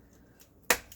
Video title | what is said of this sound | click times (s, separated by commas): Computer Build Overview with the be Quiet! Pure Base 500 DX Black and B450M DS3H MB | and you should hear it click | 0.7 s